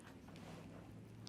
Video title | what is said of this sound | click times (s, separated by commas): Caregiver Support Group - Tubes and Drains | gets snapped into place so it goes in snaps into place and it stops it | 1.3 s